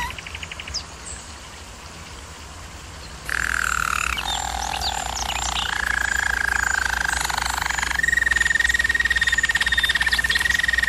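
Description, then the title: German Roller canary song: a few faint notes, a quiet pause, then loud rolled tours changing pitch and ending in a long, steady, high trill. German Roller canary singing, for canary training. "German Roller Canary Singing - Canary Training Vid"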